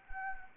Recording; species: mosquito wingbeat signal from an infrared sensor; Anopheles arabiensis